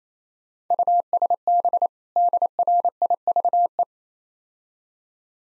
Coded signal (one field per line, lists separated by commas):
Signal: Morse code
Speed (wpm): 31 wpm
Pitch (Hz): 700 Hz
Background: none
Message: USB DRIVE